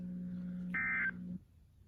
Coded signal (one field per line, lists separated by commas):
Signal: Emergency Alert System (SAME) tones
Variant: end-of-message bursts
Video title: EAS 487-478 - RMT AND SVA BECAUSE SCREW WETA